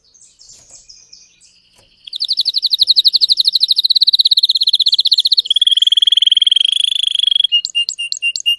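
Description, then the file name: Canary (Spanish Timbrado): canary singing: after a quiet start, a long, fast rolling trill swells in, settles into a level whistled tone, and finishes with a few separate, clipped notes. Spanish Timbrado canary singing; title also calls it a Belgian canary. "canto do canario belga timbrado espanhol"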